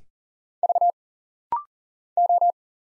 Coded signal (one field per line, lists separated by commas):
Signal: Morse code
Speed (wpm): 40 wpm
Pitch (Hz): 700 Hz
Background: none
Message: V O